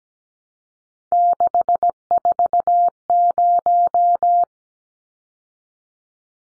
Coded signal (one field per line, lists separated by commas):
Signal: Morse code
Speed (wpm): 17 wpm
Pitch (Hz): 700 Hz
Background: none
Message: 640